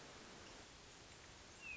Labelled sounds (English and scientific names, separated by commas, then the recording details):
Hermit Thrush (Catharus guttatus)
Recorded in Sonoma County, California